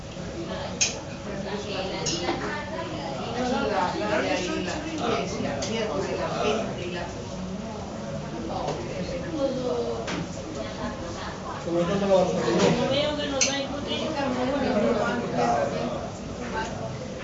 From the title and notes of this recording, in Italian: In un bar di Barcellona. L’esotico cicalecchio di un bar di Barcelona.